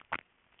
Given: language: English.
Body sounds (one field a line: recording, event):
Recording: throat vibration sensor signal played as sound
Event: swallow